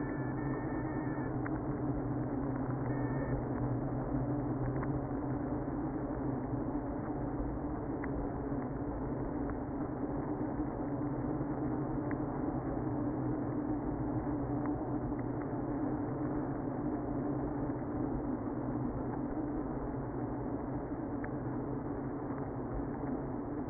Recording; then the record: honeybee colony, microphone inside the hive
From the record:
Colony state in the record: queenless (queen removed); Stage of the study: after two queens were removed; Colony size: about 60,000 bees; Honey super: yes